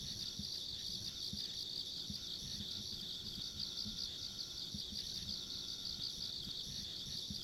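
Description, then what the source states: Insects calling in a steady, dense high-pitched chorus with a faint pulsing shimmer, over a low rumbling background. Ambient insect sounds along a rural country road.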